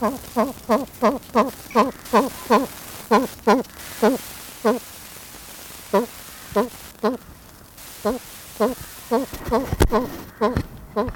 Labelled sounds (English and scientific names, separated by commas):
Blue Eared Pheasant (Crossoptilon auritum) call